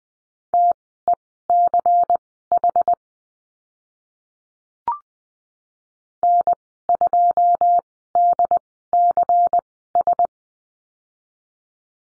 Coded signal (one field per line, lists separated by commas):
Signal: Morse code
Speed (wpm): 20 wpm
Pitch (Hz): 700 Hz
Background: none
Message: TECH N2DCS